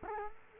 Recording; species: mosquito wingbeat signal from an infrared sensor; Culex quinquefasciatus